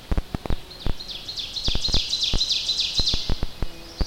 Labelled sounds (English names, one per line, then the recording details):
Ovenbird song
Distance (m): 35 m
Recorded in boreal forest in Alberta, Canada, on 10 June 2016 at 07:43
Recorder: SongMeter 3, array SBT-3-39
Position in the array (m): 325 m, 145 m
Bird 19